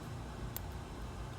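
A phase wire is pushed into the spring push-in terminal of a switch during a modification of an AEG range hood. Against a steady low background hum, a single sharp, bright click sounds at 0.6 s. The wire is seated in the terminal.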